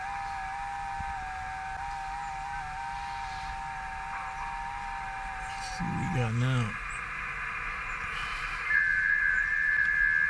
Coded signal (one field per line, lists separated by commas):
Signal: FT8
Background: speech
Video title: Amateur Radio 2 METER SSB /CW SCORPION ll CUBEX QUAD Antenna New 2022